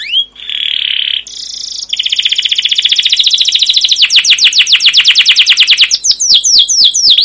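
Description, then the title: Canary singing a long rolling song: a buzzy trill, a brief higher tone, then a dense rapid trill slowing into distinct down-sweeping chirps. Canary song used as a lure (pancingan) to train other canaries; described as long, continuous rolling song (gacor panjang, ngerol) with 'cuit cuit' notes. "CUIT CUIT NGEROL LANGSUNG GACOR PANJANG Kenari Pancingan KENAR. Masteran Suara Burung Kenari Gacor Panjang cuit cuit Ngerol untuk Pancingan Kenari!"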